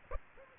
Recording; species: mosquito wingbeat signal from an infrared sensor; Aedes aegypti